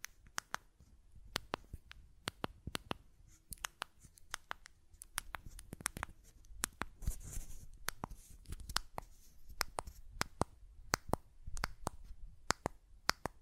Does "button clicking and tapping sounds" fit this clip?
yes